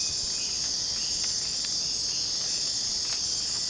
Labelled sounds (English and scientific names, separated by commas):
none